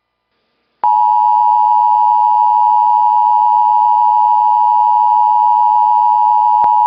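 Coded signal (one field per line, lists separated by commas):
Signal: Emergency Alert System (SAME) tones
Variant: 853 and 960 Hz attention tone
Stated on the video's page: EAS tones from NOAA weather radio WXJ52 on 162.475, NWS Tulsa, recorded on an iPhone 6s Plus.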